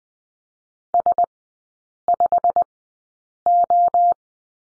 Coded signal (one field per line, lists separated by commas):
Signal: Morse code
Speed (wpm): 20 wpm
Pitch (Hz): 700 Hz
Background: none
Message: S5O